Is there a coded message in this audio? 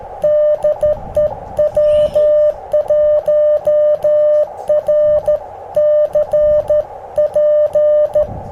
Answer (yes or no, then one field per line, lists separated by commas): yes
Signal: Morse code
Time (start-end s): 0.2-8.2 s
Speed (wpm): 14 wpm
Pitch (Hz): 600 Hz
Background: music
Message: DE W1RCP